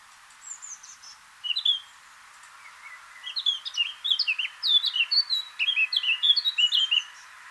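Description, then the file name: Eurasian blackcap with a few soft scattered notes at first, then a rich warbling phrase of rapid, clear whistles that grows louder and fuller. "Sylvia atricapilla"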